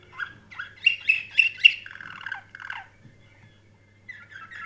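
Canary giving a short burst of loud, rapidly repeated chirps followed by a lower warble, then a brief soft twitter after a pause.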